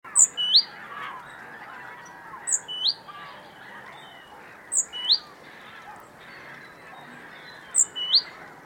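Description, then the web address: Great tit calls: a very high thin note followed by a lower rising note, the pair repeated four times a few seconds apart. "SETE data Parus major"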